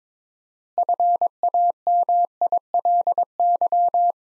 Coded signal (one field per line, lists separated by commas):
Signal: Morse code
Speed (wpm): 23 wpm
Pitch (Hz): 700 Hz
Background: none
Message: FAMILY